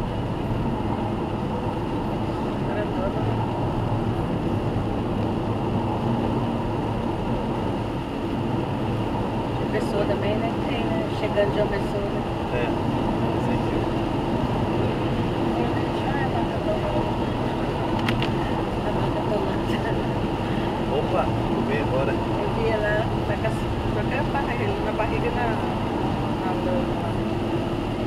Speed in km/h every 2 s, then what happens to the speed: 86, 88, 92, 94, 96, 97, 99, 100, 100, 99, 99, 101, 101, 97.
0-12 speeds up to 99. 12-24 steady at about 100.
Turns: none.